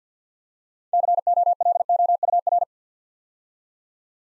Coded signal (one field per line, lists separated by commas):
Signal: Morse code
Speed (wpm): 48 wpm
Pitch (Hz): 700 Hz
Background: none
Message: COLOUR